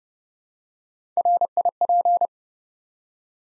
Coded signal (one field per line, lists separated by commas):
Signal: Morse code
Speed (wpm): 30 wpm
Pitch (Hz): 700 Hz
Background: none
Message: RIP